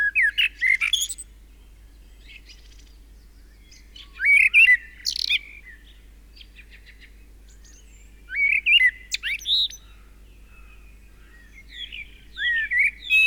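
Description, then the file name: Common blackbird song: four short phrases of mellow warbled whistles with twittering high endings, arriving roughly every four seconds. "Turdus merula"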